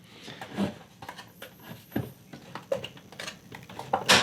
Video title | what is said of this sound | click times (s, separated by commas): Book Nook Build: The Full Over 5-Hour Journey (No Time Skips!) | There it went. Heard it pop, I'm sure. | 3.9 s